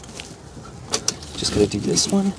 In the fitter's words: pop the fuel lines back in until you hear this click just